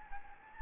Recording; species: mosquito wingbeat signal from an infrared sensor; Anopheles gambiae